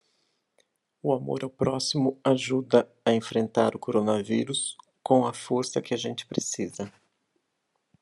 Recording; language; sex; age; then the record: spoken sentence; Brazilian Portuguese; male; 50 to 59 years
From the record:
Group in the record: control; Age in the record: 54 years